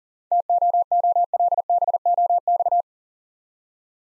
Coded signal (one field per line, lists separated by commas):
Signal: Morse code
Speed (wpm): 42 wpm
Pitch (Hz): 700 Hz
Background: none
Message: TOOLBOX